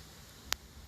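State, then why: Seated. Replacement side-view mirror glass is pressed onto the door mirror housing of a 2005 Chrysler 300C until it clips in. A single sharp, bright click rings out at 0.5 s against a quiet background hiss. The glass snaps into place with a perfect fit.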